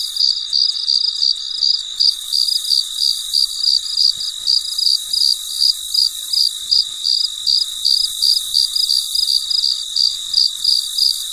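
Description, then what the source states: Cricket chirping steadily, high and pulsing about three times per second, with a continuous high hiss behind. Recorded late at night, in quiet surroundings.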